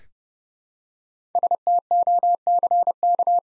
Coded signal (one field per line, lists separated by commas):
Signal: Morse code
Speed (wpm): 30 wpm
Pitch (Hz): 700 Hz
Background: none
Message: STOCK